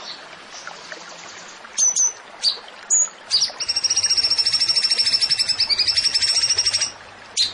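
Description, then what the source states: Zebra finch song: scattered sharp high chips, then a long rapid, even trill of high notes lasting about three seconds, ending with a single sharp note. Masteran training recording for songbirds; bird described as gacor (singing prolifically).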